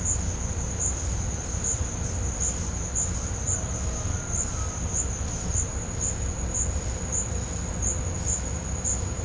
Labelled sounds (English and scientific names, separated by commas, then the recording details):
none
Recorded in pastures near Puerto Asís, Putumayo, Colombia, on 18 December 2024 at 12:00
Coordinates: 0.502, -76.324
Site G077